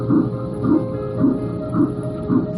This is a sound of not just one, not just two, but three heartbeats. This mother of triplets. The heartbeat of a preborn baby can be heard as early as 5 weeks on ultrasound.